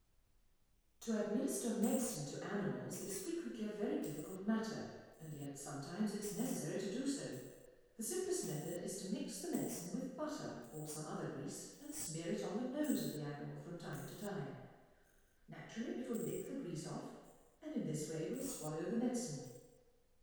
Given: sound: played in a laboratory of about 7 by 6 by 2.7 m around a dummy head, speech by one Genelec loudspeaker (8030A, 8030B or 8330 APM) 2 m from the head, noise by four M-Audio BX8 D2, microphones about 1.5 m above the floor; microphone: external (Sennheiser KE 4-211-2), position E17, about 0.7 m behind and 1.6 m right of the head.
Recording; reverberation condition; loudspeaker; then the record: female speech in English; high; 30 degrees to the right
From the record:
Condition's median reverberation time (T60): about 1300 ms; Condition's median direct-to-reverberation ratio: about -4.0 dB